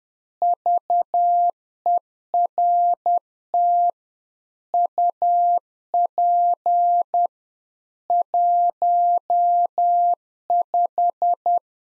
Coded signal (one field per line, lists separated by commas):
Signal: Morse code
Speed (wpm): 10 wpm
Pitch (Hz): 700 Hz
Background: none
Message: VERT UP 15